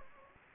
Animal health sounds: mosquito wingbeat signal from an infrared sensor; Anopheles gambiae

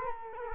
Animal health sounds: mosquito wingbeat signal from an infrared sensor; Culex quinquefasciatus

